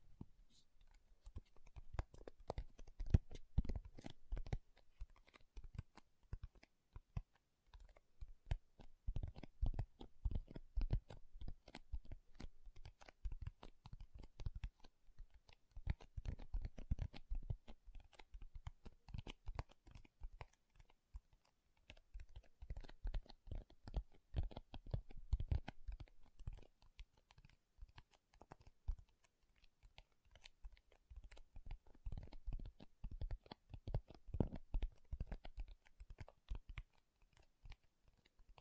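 Fingernails tap and scratch on makeup packaging in quick, dense runs of small clicks, mostly dull and low with a light crisp edge. The bursts come in waves, easing off briefly around every seven or eight seconds before picking up again.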